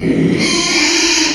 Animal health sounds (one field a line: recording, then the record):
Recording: squeal of a Yucatan mini pig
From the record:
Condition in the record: after surgery on the right vocal fold (resection and tissue-engineered implant)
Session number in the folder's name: 2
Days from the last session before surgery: 13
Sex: male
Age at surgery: 12 weeks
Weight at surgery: 13 kg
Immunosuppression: cyclosporine, prednisolone